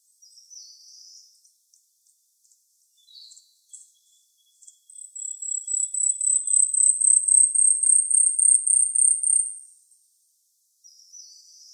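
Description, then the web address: Asian stubtail song: a rapid series of piercing high, cricket-like notes lasting about four and a half seconds, growing louder over the first two, preceded by scattered faint high chirps. "birdenaga yabusame"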